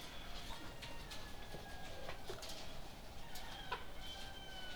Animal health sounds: poultry house recording; sick chickens (respiratory disease)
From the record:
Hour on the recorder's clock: 21

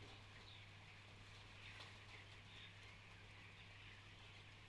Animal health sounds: poultry house recording; healthy chickens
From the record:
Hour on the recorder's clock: 13

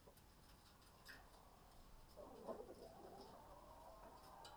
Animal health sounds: poultry house recording; healthy chickens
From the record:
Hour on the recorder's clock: 19

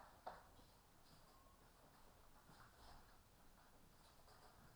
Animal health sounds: poultry house recording; healthy chickens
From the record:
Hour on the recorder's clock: 15

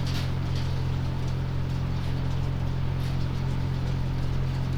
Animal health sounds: poultry house recording; no chicken sound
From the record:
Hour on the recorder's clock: 5

